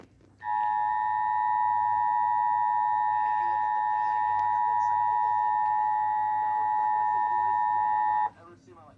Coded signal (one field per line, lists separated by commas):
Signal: Emergency Alert System (SAME) tones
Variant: 853 and 960 Hz attention tone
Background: speech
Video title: Chaotic Hellstorm IV Severe Craziness| EAS Alerts From 5/3/2021 (EAS #420-477)